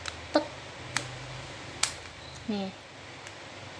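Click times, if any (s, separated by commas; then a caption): 1.8 s. Someone pulls back the plastic cocking barrel of a fingerstick lancing device from a NESCO Multicheck blood sugar kit until its spring latch catches. Several short hits are heard, and the loudest, the latch click at 1.8 s, shows the device is cocked. Someone talks briefly.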